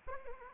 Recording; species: mosquito wingbeat signal from an infrared sensor; Anopheles arabiensis